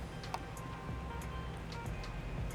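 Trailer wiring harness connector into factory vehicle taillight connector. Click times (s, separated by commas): 0.3 s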